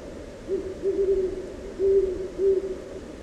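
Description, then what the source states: Owl hoots: soft low notes in a short run, then a brief gap and two further hoots. Owl calling somewhere on a snowy winter night over a frozen meadow, described as 'ooh, ooh', late December; field recording by Jacob Job, Rocky Mountain National Park, Colorado.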